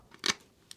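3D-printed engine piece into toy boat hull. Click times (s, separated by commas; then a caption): 0.3 s. A 3D-printed engine piece, made on a Bambu X1 Carbon printer, is pressed into its place in a toy boat hull. A sharp, short plastic click at 0.3 s shows the piece seating, with faint ticks around it at 0.1 s and 0.7 s.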